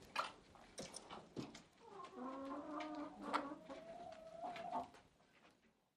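Chicken giving a drawn-out harmonic cackling call in the middle, surrounded by clucks and clattering noises.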